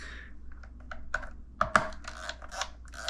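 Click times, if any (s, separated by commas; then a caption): 1.1 s, 1.6 s. Plastic control knobs are pushed onto the shafts of a 1998-2007 Chevrolet Silverado climate control panel, with light rattling and tapping of plastic throughout. Sharp clicks at 1.2 s and 1.6 s mark the knobs snapping into place, followed by a louder snap near 1.8 s and softer clicks afterward. The knobs are seated and the panel is back together.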